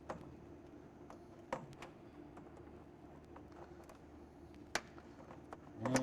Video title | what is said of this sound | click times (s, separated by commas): SlimFit 550/750 Cleaning | bring that into the bottom of the ventury and snap into place | 4.8 s